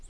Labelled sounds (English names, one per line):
Colima Warbler flight call